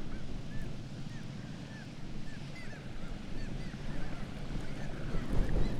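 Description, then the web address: Black-legged kittiwakes calling: many short, arched, nasal calls overlap throughout, with a steady low roar underneath. "sound Black-legged-kittiwake. صدای-پرنده-کاکایی-پاسیاه"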